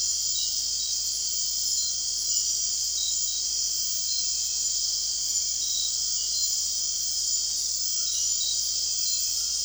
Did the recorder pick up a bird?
no